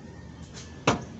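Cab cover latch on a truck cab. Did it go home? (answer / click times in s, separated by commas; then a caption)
released / 0.9 s. A cab cover latch on a Hino 500 truck cab is worked open to reach the engine area. Low background noise gives way to a single sharp click at 0.9 s as the latch releases.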